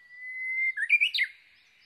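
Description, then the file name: Japanese bush warbler with a clear sustained whistle slipping into a burst of quick, loud, looping notes that rise and then drop sharply. Recorded 22 May 2011 at 05:43. "uguisu-20110522-0543"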